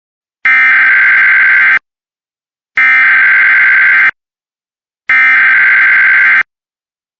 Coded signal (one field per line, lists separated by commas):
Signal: Emergency Alert System (SAME) tones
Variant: header bursts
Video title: Local area emergency EAS #2